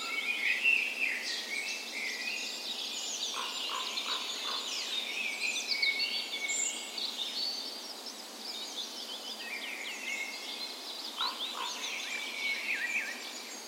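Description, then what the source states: Chorus of songbirds with overlapping twittering and whistled phrases, plus a few lower repeated notes from another bird heard twice. Dawn chorus recorded on the morning of 17 May, Norway's National Day, in a park west in Bergen, Norway, in spring; Sony PCM A10 recorder with LOM Usi microphones as tree ears.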